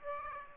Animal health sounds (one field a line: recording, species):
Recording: mosquito wingbeat signal from an infrared sensor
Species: Aedes aegypti